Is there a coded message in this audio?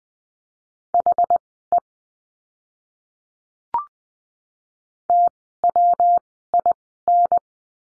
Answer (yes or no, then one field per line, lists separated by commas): yes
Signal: Morse code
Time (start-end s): 0.9-7.4 s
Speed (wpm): 20 wpm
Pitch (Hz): 700 Hz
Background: none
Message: HE TWIN